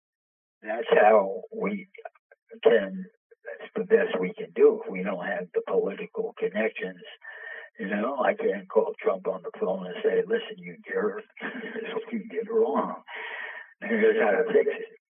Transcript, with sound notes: that's how we can, that's the best we can do. We don't have the political connections, you know, I can't call Trump on the phone and say, "Listen, you jerk." (laughs) "You get it wrong. Here's how to fix it."